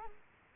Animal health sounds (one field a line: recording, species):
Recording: mosquito wingbeat signal from an infrared sensor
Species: Culex quinquefasciatus